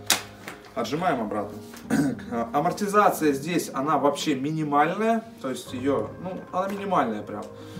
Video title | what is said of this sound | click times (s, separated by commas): 🔥🔥🔥ОБЗОР НА КОЛЯСКУ 2в1 FARFELLO BABY SHELL🔥🔥🔥 | колясочка зафиксировалась отжимаем | 0.1 s